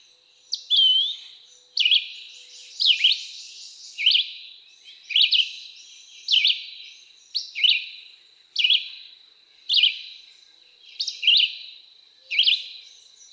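Red-eyed Vireo delivering a long run of abrupt whistled phrases, one roughly every second, varying between up-slurs and down-slurs, with a soft high hiss.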